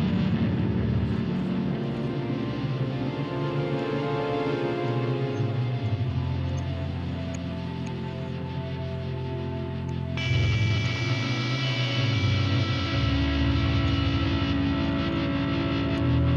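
Dense, sustained synthesizer and organ-like chords over a steady low rumble, turning abruptly brighter and fuller at about ten seconds.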